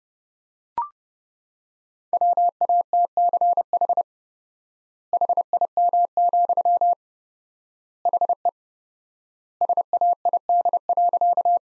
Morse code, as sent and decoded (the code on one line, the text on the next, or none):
.-- .- - -.-. .... / .... .. -- --..-- / .... . / ... .- .. -.. .-.-.-
WATCH HIM, HE SAID.